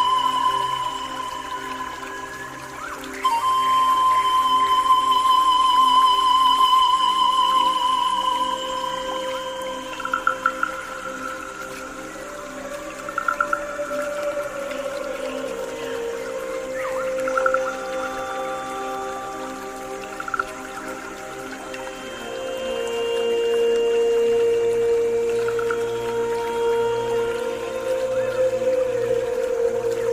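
Long, smooth pan flute tones glide and sustain over soft water sounds, with a few brief drips and swells through the thirty seconds.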